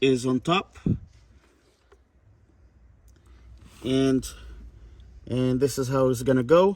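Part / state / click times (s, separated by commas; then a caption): wire terminal into wiring harness connector housing / not seated / none. A black wire terminal, with its terminal lock on top, is lined up with the connector housing of a 5ive Performance Reflex wiring harness for an A90/A91 Supra before being pushed in. Someone talks while only faint handling sounds are heard. Nothing has seated or clicked yet.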